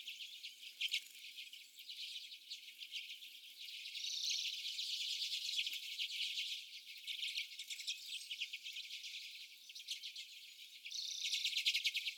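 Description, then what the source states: Common redpolls chattering, rapid trilled notes from several birds with occasional brief clearer twitters standing out. More than one common redpoll.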